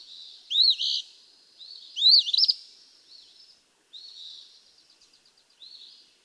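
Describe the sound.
Eastern phoebe singing two burry fee-bee phrases, followed by quieter buzzy, stuttering notes; clean background with no other birds.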